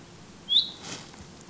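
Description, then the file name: Common chaffinch call, a single short sharp high note. "Fringilla coelebs"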